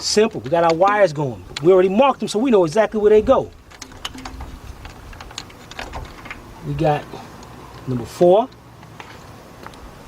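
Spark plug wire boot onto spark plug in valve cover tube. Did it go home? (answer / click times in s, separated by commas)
yes / 9.7 s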